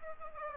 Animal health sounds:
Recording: mosquito wingbeat signal from an infrared sensor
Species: Aedes aegypti

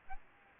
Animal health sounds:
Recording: mosquito wingbeat signal from an infrared sensor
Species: Aedes albopictus

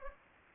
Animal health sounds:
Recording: mosquito wingbeat signal from an infrared sensor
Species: Anopheles gambiae

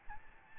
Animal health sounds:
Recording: mosquito wingbeat signal from an infrared sensor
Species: Aedes albopictus

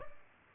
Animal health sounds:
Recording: mosquito wingbeat signal from an infrared sensor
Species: Aedes albopictus

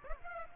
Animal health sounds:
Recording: mosquito wingbeat signal from an infrared sensor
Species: Aedes aegypti

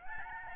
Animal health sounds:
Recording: mosquito wingbeat signal from an infrared sensor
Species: Aedes albopictus

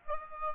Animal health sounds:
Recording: mosquito wingbeat signal from an infrared sensor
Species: Aedes aegypti

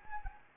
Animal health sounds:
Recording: mosquito wingbeat signal from an infrared sensor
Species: Anopheles gambiae

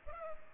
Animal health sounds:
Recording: mosquito wingbeat signal from an infrared sensor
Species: Culex pipiens

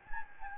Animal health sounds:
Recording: mosquito wingbeat signal from an infrared sensor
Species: Anopheles gambiae

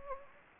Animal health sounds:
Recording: mosquito wingbeat signal from an infrared sensor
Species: Anopheles gambiae

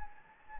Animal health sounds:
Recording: mosquito wingbeat signal from an infrared sensor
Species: Anopheles gambiae

